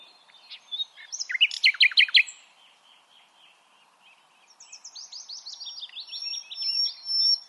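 Common nightingale singing a fast run of repeated downslurred notes, then after a pause a long series of high notes.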